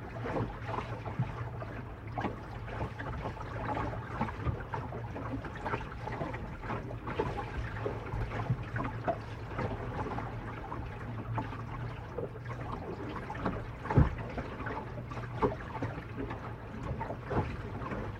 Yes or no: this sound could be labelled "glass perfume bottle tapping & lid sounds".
no